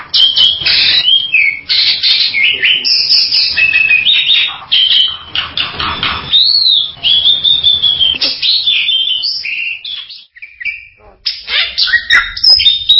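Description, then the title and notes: Bali myna song: rapid, varied chattering of sharp chirps, squeaks and short whistles running almost without pause, with a few longer slurred notes. "Jalak Bali. Kicau Burung Jalak"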